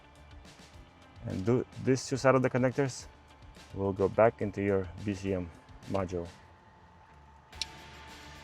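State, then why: Seated. Someone talks while one side of a plug-and-play remote-start harness connector on a 2014–2016 Kia Soul is pushed into the body control module socket. A single sharp, short click sounds at 7.6 seconds, and the connector is seated.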